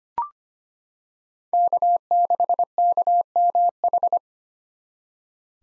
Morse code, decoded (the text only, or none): K6KMH